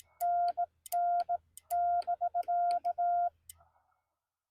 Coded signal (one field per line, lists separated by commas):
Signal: Morse code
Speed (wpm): 18 wpm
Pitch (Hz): 690 Hz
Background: none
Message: NN <BK>